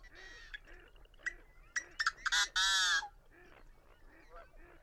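Birds calling, a run of low arched honks under sharp clicks, building to a loud rasping screech, then quieter honking again.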